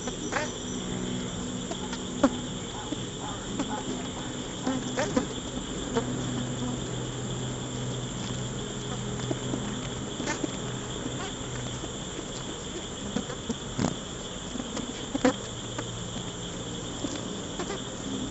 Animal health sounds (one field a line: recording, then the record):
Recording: honeybee defence experiment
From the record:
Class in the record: control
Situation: empty test tube, no live specimens